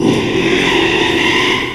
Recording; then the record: squeal of a Yucatan mini pig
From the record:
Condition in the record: after surgery on the right vocal fold (resection and tissue-engineered implant); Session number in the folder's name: 1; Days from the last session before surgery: 6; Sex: male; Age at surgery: 12 weeks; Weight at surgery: 13 kg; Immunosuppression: cyclosporine, prednisolone